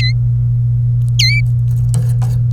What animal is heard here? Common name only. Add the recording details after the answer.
Domestic Canary. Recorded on 26 April 2018 at 14:01. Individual llb3